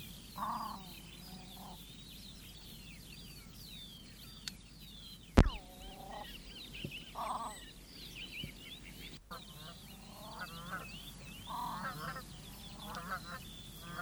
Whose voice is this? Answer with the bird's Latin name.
Podiceps cristatus